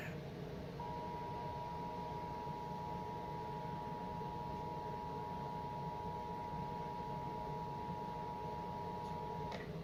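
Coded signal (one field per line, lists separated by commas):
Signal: Emergency Alert System (SAME) tones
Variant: 853 and 960 Hz attention tone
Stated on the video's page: Required Monthly Test relayed via TV station WRTV in Indiana.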